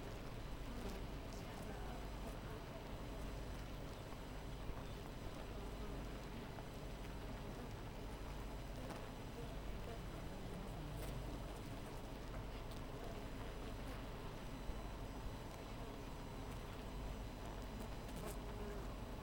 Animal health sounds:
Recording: honeybee colony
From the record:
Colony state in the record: missing queen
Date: 14 July 2017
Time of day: 4:37

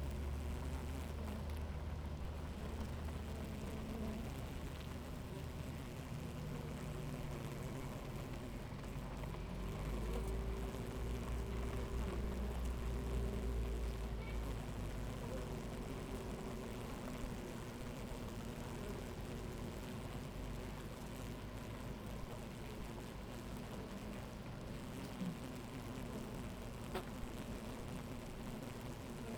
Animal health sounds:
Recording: honeybee colony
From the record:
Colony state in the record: active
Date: 28 July 2017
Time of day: 11:12

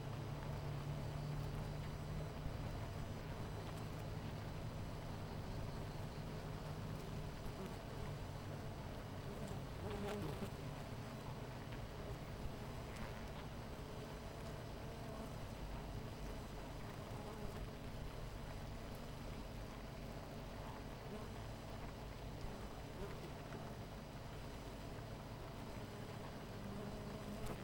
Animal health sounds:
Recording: honeybee colony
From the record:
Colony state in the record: missing queen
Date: 14 July 2017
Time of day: 10:23

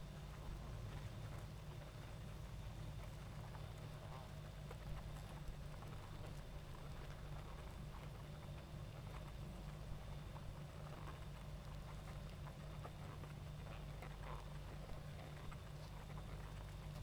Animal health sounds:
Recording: honeybee colony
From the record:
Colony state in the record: active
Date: 28 July 2017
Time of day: 20:05

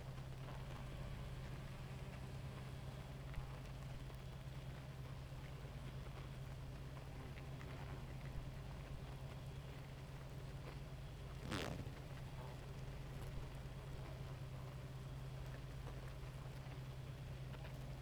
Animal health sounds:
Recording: honeybee colony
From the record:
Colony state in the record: active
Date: 28 July 2017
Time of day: 2:26

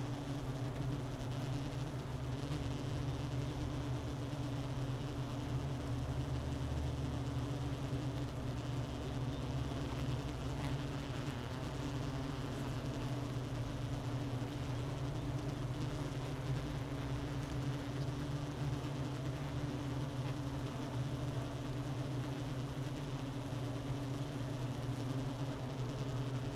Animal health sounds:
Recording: honeybee colony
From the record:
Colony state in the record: missing queen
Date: 31 May 2018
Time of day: 11:49

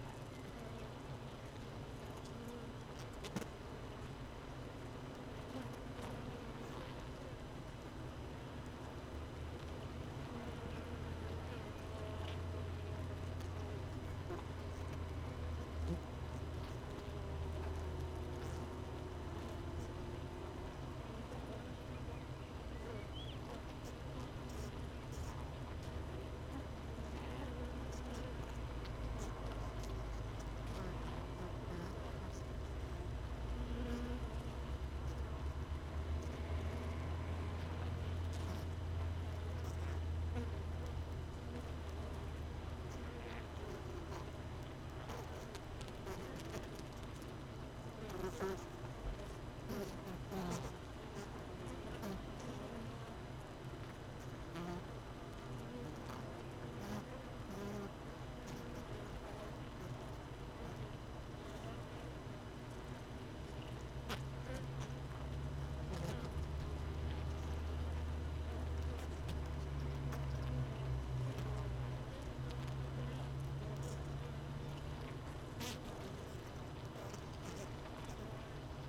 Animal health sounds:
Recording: honeybee colony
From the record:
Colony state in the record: missing queen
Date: 31 May 2018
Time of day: 17:31

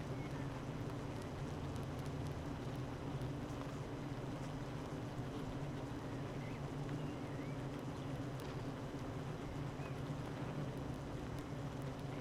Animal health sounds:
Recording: honeybee colony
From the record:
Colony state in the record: active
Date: 12 June 2018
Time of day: 8:53

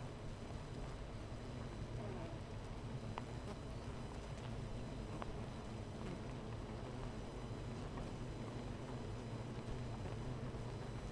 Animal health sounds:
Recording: honeybee colony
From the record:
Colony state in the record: missing queen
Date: 14 July 2017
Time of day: 11:00

